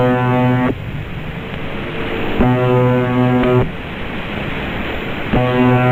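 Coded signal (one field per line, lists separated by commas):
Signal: channel marker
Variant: UVB-76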